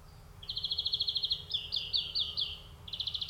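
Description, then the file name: European greenfinch with a long, even rattling trill, then several buzzy slurred notes and another short trill. "Chloris chloris"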